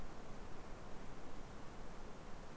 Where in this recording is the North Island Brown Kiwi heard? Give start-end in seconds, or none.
none